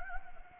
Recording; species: mosquito wingbeat signal from an infrared sensor; Anopheles gambiae